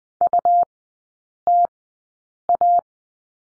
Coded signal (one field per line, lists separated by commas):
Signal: Morse code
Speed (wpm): 20 wpm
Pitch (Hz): 700 Hz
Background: none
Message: UTA